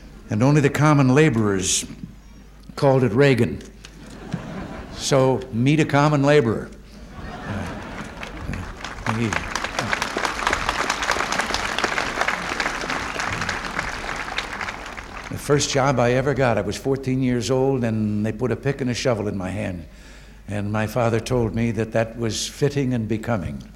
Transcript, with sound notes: and only the common laborers called it "Reagan." [Laughter] So, meet a common laborer. The first job I ever got—I was 14 years old, and they put a pick and a shovel in my hand and my father told me that that was fitting and becoming